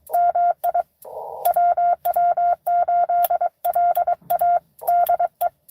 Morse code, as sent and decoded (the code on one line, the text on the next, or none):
-- .. / .-- .-- ---.. .-.. .- / -.. .
MI WW8LA DE